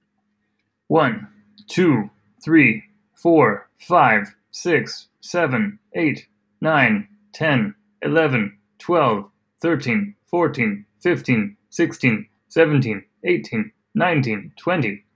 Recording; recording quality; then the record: counting at a normal pace; excellent, no background noise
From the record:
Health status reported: healthy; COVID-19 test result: not tested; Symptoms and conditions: none ticked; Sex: male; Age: 33 years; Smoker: not ticked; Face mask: not worn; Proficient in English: yes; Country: United States